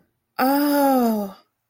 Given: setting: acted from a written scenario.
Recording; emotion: vocal sound without words; awe